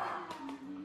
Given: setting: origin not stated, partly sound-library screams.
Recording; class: one-second piece from a danger detection set; woman in danger